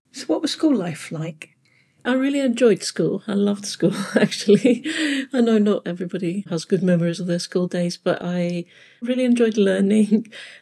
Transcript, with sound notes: So what was school life like?
I really enjoyed school. I loved school, actually, [laughs] and I know not everybody has good memories of their school days, but I really enjoyed learning.